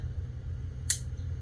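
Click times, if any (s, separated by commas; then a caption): 0.9 s. A folding knife blade is closed into its handle and snaps into its detent at the end of travel, giving a sharp, positive click at 0.9 s. Otherwise only a low, steady hum is heard. The blade seats fully closed.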